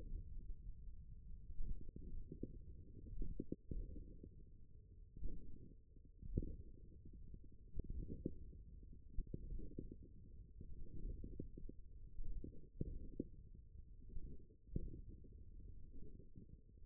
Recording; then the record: forearm muscle sounds (acoustic myography)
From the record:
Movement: index flexion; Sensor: system 1, eight BSWA MPA416 microphones around the upper forearm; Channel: 7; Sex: male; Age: 41 years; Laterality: right